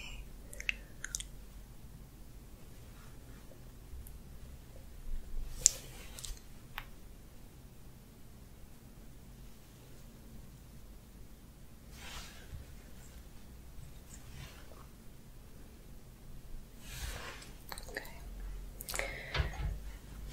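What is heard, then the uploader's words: Face massage with oil: soft, slick rubbing and brushing strokes come in short bursts every few seconds, sharper around six, twelve and seventeen to nineteen seconds. Between them a low, steady hum holds underneath, with faint quiet clicks here and there. ASMR Oil Face Massage & Facial Treatment Roleplay for Sleep face touching personal attention.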